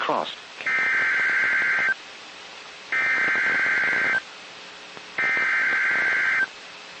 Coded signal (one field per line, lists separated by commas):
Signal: Emergency Alert System (SAME) tones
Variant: header bursts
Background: speech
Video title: Still More From The Backlogs... EAS Alerts from 7/2/2022 (EAS #1357-1360)